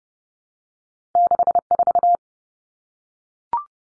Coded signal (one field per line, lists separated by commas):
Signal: Morse code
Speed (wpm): 30 wpm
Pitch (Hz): 700 Hz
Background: none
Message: 64